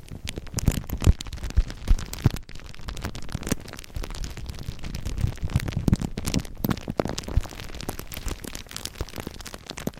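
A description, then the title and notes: Soft crinkling plays, a dense run of small crackles and rustles with no steady rhythm. Sharper snaps stand out just after one second and again around six and seven seconds, and a low, soft rumble of handling sits underneath throughout. ASMR Slow & Gentle Crinkle Triggers. (No Talking).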